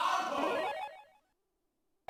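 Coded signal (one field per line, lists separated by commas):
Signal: none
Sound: game music beeps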